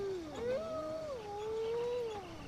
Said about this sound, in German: Dann wurde es Nacht. Man konnte das Brüllen von Tigerbären und das Heulen von Wölfen vernehmen.